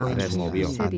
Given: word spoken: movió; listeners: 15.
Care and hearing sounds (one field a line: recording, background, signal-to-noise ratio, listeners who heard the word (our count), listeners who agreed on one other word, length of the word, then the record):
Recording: one Spanish word in noise, from a listening test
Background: four-talker babble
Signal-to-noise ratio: -0.7 dB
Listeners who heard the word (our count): 2 of 15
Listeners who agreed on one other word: 13 of 15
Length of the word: 0.58 s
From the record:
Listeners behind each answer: 13, 2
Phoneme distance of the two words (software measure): 14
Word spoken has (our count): 2 syllables, 5 phonemes, stress on syllable 2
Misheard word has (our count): 3 syllables, 7 phonemes, stress on syllable 3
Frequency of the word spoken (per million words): 10.75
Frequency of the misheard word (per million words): 0.99